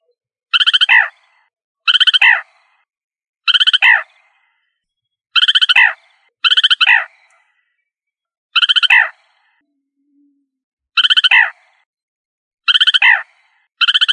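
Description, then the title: Rail calls: harsh, harmonic notes, each ending in a downward slur, given in unevenly spaced bursts every one to two and a half seconds against a quiet background. "Familia Rallidae"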